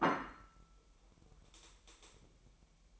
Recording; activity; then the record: daily activity, microphone in the room; place plate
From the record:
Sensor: 1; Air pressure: 1002.0 hPa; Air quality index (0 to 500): 242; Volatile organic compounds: 47 ppm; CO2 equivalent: 3262 ppm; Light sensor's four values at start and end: 8/28/10/11 and 8/28/10/11